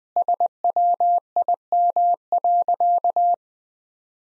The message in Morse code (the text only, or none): SWIM.